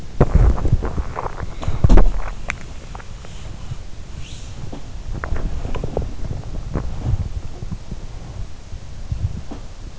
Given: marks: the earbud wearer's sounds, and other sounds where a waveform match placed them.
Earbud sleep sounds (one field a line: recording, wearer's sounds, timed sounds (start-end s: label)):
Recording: sounds in sleep by an in-ear microphone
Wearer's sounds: body movement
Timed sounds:
0.00-2.40 s: body movement
5.03-7.26 s: body movement